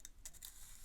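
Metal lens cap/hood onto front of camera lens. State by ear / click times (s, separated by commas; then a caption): not seated / none. A metal lens cap or hood, lined with felt on the inside to prevent reflections, is being fitted onto the front of a Zeiss Distagon 35mm f/2 lens. Three short, bright metallic taps sound at about 0.0, 0.3 and 0.4 seconds during the handling. Nothing has seated or clicked into place yet.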